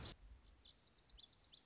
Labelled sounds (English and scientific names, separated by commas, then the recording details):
Lazuli Bunting (Passerina amoena)
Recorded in Sonoma County, California